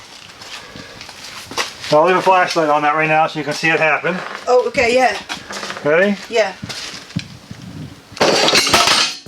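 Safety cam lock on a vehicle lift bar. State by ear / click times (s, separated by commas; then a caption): seated / 7.2 s. Someone talks while a car is raised on a lift or stand until the metal bar passes the lock tab. At 7.2 s the safety cam lock on the vehicle lift bar bumps up and drops into place with a sharp metallic clink, followed by a burst of broad noise near the end. The cam lock is seated and locked.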